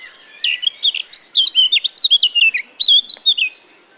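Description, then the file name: Eurasian blackcap song: one loud phrase of quick, clear, slurred whistled notes, each dropping in pitch, tumbling along for about three and a half seconds. "Sylvia atricapilla"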